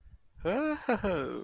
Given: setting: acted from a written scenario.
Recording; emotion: vocal sound without words; sympathy